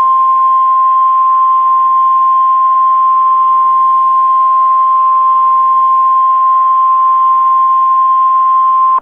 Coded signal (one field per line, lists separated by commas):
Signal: Emergency Alert System (SAME) tones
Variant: 1050 Hz attention tone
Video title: Emergency Alert system_ Nuclear attack (US & CANADA) (2011 b-day special).flv